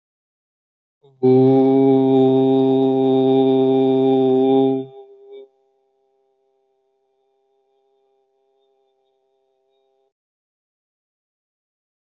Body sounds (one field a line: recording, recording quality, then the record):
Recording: sustained vowel as in boot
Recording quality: excellent, no background noise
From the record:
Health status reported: healthy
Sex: male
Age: 32 years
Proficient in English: yes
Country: India